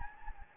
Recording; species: mosquito wingbeat signal from an infrared sensor; Anopheles gambiae